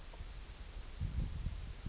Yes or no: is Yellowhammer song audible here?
no